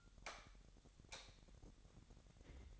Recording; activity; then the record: daily activity, microphone in the room; light off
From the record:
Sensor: 3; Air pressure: 1011.9 hPa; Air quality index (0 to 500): 230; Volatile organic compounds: 5 ppm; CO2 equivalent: 1707 ppm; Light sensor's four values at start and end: 16/40/17/17 and 14/32/13/14